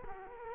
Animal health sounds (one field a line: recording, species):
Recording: mosquito wingbeat signal from an infrared sensor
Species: Culex quinquefasciatus